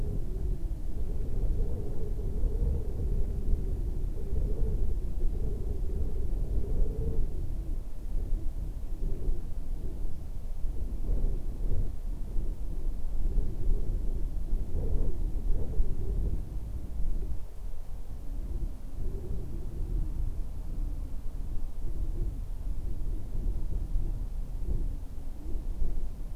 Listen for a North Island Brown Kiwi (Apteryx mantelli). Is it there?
no